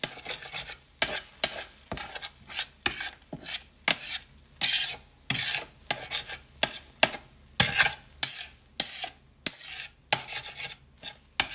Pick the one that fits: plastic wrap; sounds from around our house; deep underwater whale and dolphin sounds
sounds from around our house